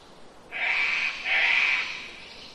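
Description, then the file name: Cockatoo screeching: two harsh, raspy squawks in quick succession, with a faint hiss of background behind. Cockatoos close by in rainforest, early spring, Queensland, Australia. "zapsplat. rainforest ambience wind trees birds mainly cockatoos close by early spring qld australia"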